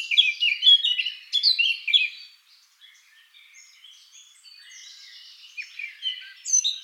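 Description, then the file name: Eurasian blackcap song: a loud, rapid warbling phrase for two seconds, then a soft, quiet, chattering passage, and a bright warbled burst returning near the end. "Sylvia atricapilla"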